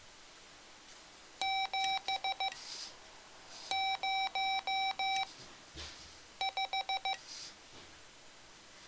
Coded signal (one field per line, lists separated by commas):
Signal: Morse code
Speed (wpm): 15 wpm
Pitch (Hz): 770 Hz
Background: none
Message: 705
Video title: Mr. Rags Macro Keyer - Pt. 4 - Recording Soft Macros